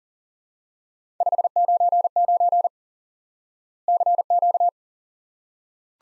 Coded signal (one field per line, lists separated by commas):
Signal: Morse code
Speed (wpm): 37 wpm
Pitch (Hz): 700 Hz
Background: none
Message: 599 CQ